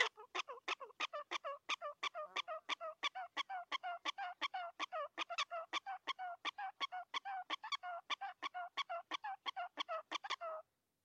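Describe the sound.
Prairie dog giving a long, steady series of quick yipping barks, roughly three each second, with no other sounds.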